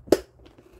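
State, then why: Seated. A plastic lid is pressed onto a stackable plastic storage bin and snaps into place with one sharp, loud click at 0.1 s. Only faint, quiet rustling follows, and the lid ends up seated.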